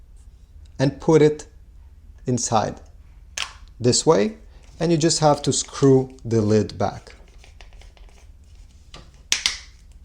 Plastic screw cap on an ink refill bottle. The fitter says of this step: like this until it clicks and place then we need to do the second one